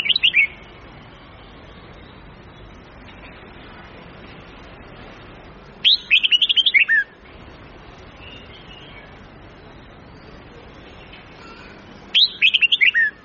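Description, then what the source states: Red-whiskered bulbul song: three quick phrases of jaunty, rising and falling whistled notes, spaced about six seconds apart, with faint steady hiss throughout. Huế bulbul long song of 9 to 12 notes, with the phrases varied continuously.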